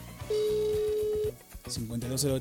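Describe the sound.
A steady, mid-pitched telephone ringback tone sounds for about one second on an outgoing call to the Dirección General de Asuntos Internos, loud and unbroken, while a man keeps talking underneath and after it.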